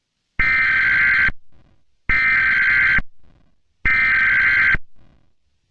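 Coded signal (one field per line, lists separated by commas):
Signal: Emergency Alert System (SAME) tones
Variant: header bursts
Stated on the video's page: Fictional EAS scenario; the EAS tones and attention signals are simulated recreations.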